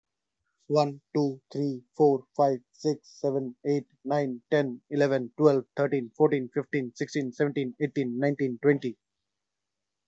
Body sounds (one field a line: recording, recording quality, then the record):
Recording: counting at a fast pace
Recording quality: excellent, no background noise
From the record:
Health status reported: healthy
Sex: male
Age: 27 years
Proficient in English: yes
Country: India